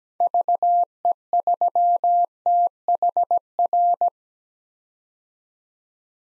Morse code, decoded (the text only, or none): VE3THR